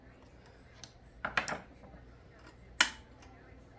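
A metal component is lined up and pushed into a Chrysler 46RH automatic transmission overdrive unit during reassembly. A few light metallic taps and scrapes around 0.8 to 1.5 s lead to one sharp metallic snap at 2.8 s. The component snaps into place and is seated.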